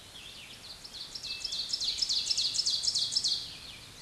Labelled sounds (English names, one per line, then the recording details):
Ovenbird song
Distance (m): 20 m
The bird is about level with the microphone
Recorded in a Pennsylvania forest on 16 May 2024 at 06:25
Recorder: AudioMoth, point MSD-2287
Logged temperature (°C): 11.2 °C
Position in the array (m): 131 m, 4 m